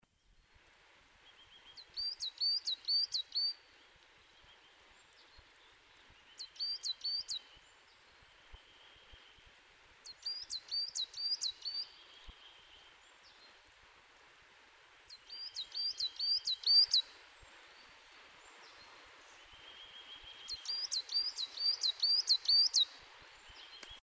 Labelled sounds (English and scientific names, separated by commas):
Coal Tit (Periparus ater) song, Eurasian Nuthatch (Sitta europaea)